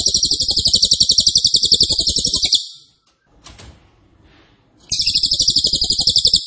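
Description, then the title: Cililin song: loud, rapid-fire high trills, one long burst then a pause with faint clatter, then the dense buzzy trill starts again. Loud, dense, rapid-fire song style ('nembak keras dan rapat') used as a favourite training recording (masteran) for oriental magpie-robin, leafbird and white-rumped shama. "Cililin NEMBAK KERAS dan RAPAT masteran murai batu cucak ijo dan kacer"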